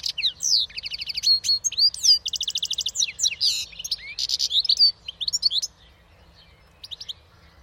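Bird calls: rapid high chirps and rattling trills in a lively stream that thins out, leaving a few scattered chirps near the end.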